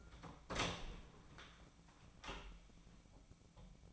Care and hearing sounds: daily activity, microphone in the room; open door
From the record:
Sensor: 1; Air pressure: 1009.3 hPa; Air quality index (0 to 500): 183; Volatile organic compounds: 4 ppm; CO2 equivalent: 1538 ppm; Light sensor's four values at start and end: 41/109/45/53 and 41/110/45/54

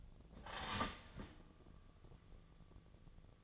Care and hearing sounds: daily activity, microphone in the room; start toaster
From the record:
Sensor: 4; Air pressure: 1001.1 hPa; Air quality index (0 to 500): 152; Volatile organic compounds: 2 ppm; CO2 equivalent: 1112 ppm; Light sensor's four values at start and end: 19/44/18/20 and 18/42/18/19

